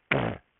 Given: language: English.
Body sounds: throat vibration sensor signal played as sound; throat clearing

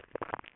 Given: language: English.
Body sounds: throat vibration sensor signal played as sound; swallow

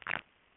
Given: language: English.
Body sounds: throat vibration sensor signal played as sound; swallow

